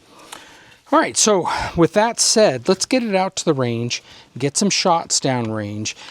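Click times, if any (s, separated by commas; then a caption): 0.3 s. A Smith & Wesson M&P FPC 10mm folding carbine receiver is folded closed after the charging handle is pulled back, following a first fold that did not snap in. One sharp snap at 0.3 s marks it latching into its folded position, nice and tight. Then someone talks.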